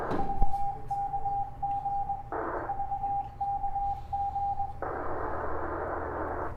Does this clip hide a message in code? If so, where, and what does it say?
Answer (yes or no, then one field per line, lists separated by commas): yes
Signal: Morse code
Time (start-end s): 0.2-4.7 s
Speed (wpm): 21 wpm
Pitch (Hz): 800 Hz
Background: radio noise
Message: VKG VKG